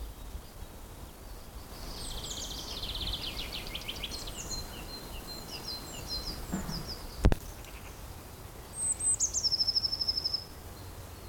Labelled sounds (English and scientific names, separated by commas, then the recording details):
Common Pheasant (Phasianus colchicus) call
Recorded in the wild
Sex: male
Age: adult
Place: Mühlenbeck, am Tegeler Fließ, Brandenburg, DE
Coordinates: 52.6, 13.282
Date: 1992-04-11 11:40
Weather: heiter, 14°C, Wind
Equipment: Nagra SN, Mikrofon AKG CK 8, Kopie Tesla B 116
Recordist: Tembrock, Günter